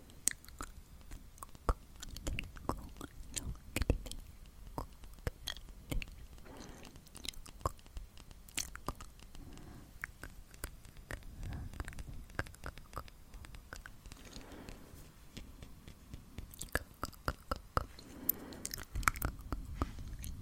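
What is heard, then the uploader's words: Breathy mouth sounds with constant wet clicks and smacks, soft low puffs of breath swelling every few seconds. ASMR mouth sounds breathy mouth sounds for tingles.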